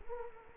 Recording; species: mosquito wingbeat signal from an infrared sensor; Culex quinquefasciatus